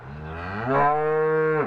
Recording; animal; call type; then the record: contact call of a hoofed animal; cattle; low-frequency (closed-mouth) or high-frequency (open-mouth) call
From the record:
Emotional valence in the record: negative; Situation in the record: full separation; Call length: 1.67 s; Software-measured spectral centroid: 1030 Hz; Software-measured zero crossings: 1320 a second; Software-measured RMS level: -23 dBFS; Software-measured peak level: -8 dBFS